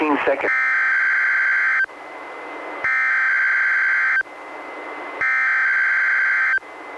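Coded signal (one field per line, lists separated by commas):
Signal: Emergency Alert System (SAME) tones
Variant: header bursts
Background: speech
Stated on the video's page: Required Monthly Tests for an earthquake and tsunami drill, relayed by NOAA Weather Radio, cable and FM stations; weather radio audio recorded directly from a receiver.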